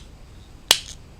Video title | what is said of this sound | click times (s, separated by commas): Dental Dilemmas - Live Q & A Show - November 13th, 2024, Wednesday, 7PM TO 8PM CST | it's like a button I don't know whether you guys hear the click or not like this | 0.7 s